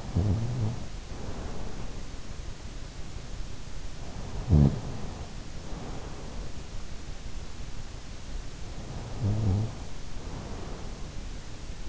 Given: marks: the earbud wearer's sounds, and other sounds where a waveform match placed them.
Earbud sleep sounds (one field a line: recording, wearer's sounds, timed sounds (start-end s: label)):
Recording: sounds in sleep by an in-ear microphone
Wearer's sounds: snoring breath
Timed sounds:
0.00-3.05 s: snoring breath
4.35-6.43 s: snoring breath
8.71-11.89 s: snoring breath